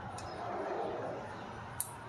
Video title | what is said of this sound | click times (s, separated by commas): Easy DIY: Replace Honda Civic Spark Plugs in Minutes! | plug that in until you hear a little snap a little click like that and it's that simple here | 1.8 s